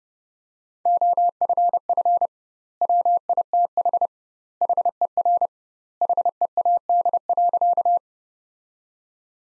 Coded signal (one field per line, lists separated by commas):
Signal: Morse code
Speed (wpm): 32 wpm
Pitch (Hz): 700 Hz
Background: none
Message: OFF WITH HER HEAD.